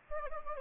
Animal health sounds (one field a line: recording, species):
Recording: mosquito wingbeat signal from an infrared sensor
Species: Anopheles gambiae